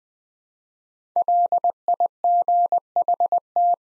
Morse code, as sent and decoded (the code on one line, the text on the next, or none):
.-.. .. --. .... -
LIGHT